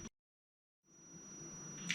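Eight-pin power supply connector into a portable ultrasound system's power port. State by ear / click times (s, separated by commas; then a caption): seated / 1.9 s. An eight-pin power supply connector, lined up red dot to red dot, is pressed straight into the power port of a portable EVO ultrasound system without twisting. A brief burst of sound gives way to near silence, then a low background hiss with a steady high tone builds. A single sharp click lands at 1.9 s as the connector seats.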